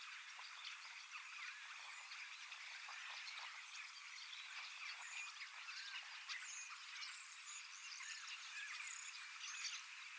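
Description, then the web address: Many common starlings chattering at once, a constant hiss-like babble of clicks, rattles and high whistled notes, scattered clear whistles later on. Large flock of young starlings practising their song in preparation for next spring; recorded 25 August 2026 in Finland. "paivat 25 8 2026 iso kottaraisten nuorisoparvi valmistautuu ensi kevaaseen lauluharjoittelemalla"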